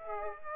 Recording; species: mosquito wingbeat signal from an infrared sensor; Aedes aegypti